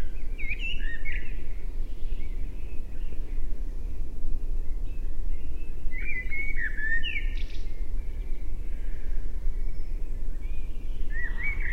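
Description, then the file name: Common blackbird sounds: short fluty, twisting notes in scattered bursts at the start, middle and end, masked by a constant deep rumble. "Turdus merula"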